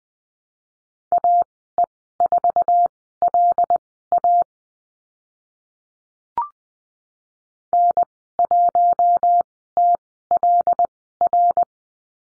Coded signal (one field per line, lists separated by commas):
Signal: Morse code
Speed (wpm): 20 wpm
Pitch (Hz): 700 Hz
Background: none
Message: AE4LA N1TLR